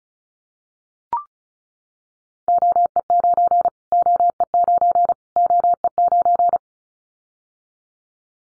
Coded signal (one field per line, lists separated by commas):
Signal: Morse code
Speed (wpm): 34 wpm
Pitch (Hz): 700 Hz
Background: none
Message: OE9 OE9 OE9